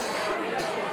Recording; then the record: coughing mixed with background sound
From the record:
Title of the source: 61 morning phlegmy cough...again